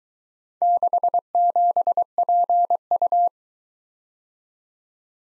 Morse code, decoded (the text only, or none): 67PU